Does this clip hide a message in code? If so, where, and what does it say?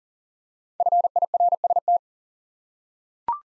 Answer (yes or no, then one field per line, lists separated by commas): yes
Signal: Morse code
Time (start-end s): 0.8-2.0 s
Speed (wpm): 40 wpm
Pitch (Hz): 700 Hz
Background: none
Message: FIRST